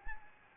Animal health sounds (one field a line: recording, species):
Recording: mosquito wingbeat signal from an infrared sensor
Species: Anopheles gambiae